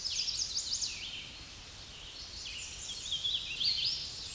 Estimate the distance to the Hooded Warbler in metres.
about 30 m